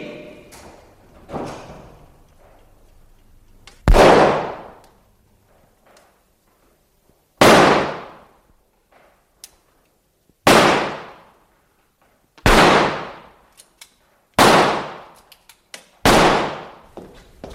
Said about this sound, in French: Parce que je vais tirer plusieurs coups de feu. Et vous me direz après si vous les avez entendus.